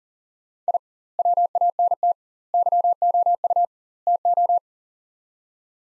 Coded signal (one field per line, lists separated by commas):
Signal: Morse code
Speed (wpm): 40 wpm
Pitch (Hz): 700 Hz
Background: none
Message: I WANT YOU TO